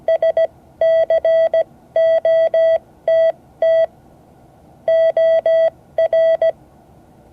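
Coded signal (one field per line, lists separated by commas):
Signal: Morse code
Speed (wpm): 17 wpm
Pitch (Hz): 660 Hz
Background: none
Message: SCOTT OR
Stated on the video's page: Morse code class session, part 10 of 12.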